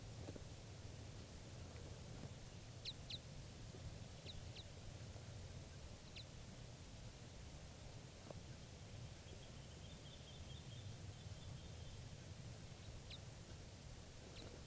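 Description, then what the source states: Red Crossbill calls, short sharp high notes given singly and in pairs at irregular intervals over steady low rumbling background noise. Wild type 5 crossbill calls, recorded June 8, 1986, at 6:38 a.m., Tennessee Pass, Eagle County, Colorado.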